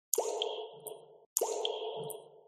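Water trickling from above down stones drips into a small puddle: two separate drops, each landing with a sharp, liquid plop followed by a ringing, hollow tail that fades after about a second. No voices.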